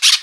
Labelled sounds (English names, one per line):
Brown-throated Parakeet contact call